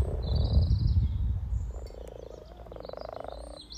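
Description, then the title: Frog croaks as pulsed, purring bursts, opening with a low rumbling noise, while birds chirp in the background. Spring chorus of 20 frogs in a sunny garden pond, some floating or sitting on fresh frogspawn, greeting arriving females; Freshfield, Formby, Merseyside, UK, sunny St Patrick's Day, 17 March 2023. "Frog Chorus Spring sounds first Lunch outside St Patrick’s day 17 March 2023 . Freshfield, Formby"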